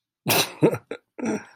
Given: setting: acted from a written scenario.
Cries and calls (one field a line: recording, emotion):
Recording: vocal sound without words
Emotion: amusement